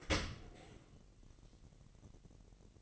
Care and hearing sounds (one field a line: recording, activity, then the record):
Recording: daily activity, microphone in the room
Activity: open dishwasher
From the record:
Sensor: 4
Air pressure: 1001.3 hPa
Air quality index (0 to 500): 249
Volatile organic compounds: 46 ppm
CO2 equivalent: 3236 ppm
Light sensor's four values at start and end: 8/18/7/6 and 8/17/7/6